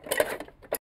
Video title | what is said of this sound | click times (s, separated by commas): Chef Ming Tsai uses T-fal ActiFry to make Apple Crisp | and you pop this blade back in and when you put the blade back in make sure it clicks | 0.1 s, 0.2 s